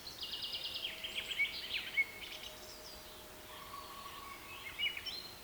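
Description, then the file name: Bird calls: a fast buzzy trill opens, then scattered sharp chirps, a soft lower whistle, and a few high notes at the close. Rain forest habitat. "KPR Sounds - Rain Forest Bird Sounds"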